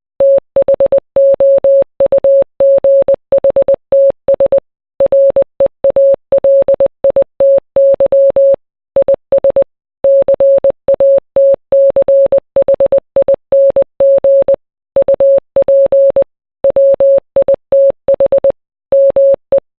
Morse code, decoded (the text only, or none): THOUGHTS REALITY IS CATCHING UP WITH ME